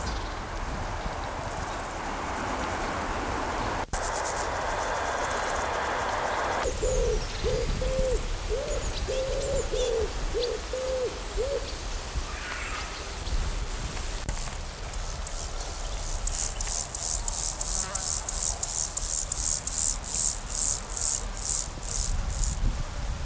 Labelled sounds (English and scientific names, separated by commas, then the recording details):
Upland Field Grasshopper (Chorthippus apricarius) stridulation
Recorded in the wild
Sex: male
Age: imago
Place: Berlin, OT Blankenfelde, Berlin, DE
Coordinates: 52.6219, 13.4075
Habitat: meadow
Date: 1990-08-12 12:00
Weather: warm and humid, 20-28°C
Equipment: Marantz, Sennheiser ME 80
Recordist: Tembrock, Günter